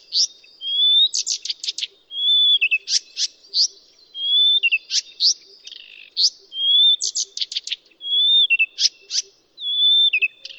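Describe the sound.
Blyth's reed warbler song: clear whistled slurred notes alternating with sharp clicking chips, phrases repeated in varied sequence with short pauses.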